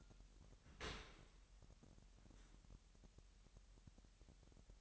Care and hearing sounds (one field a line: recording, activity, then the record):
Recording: daily activity, microphone in the room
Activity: open dishwasher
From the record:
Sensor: 3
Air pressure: 998.3 hPa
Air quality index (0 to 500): 147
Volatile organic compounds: 5 ppm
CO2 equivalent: 1763 ppm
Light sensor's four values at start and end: 13/40/16/14 and 13/39/16/14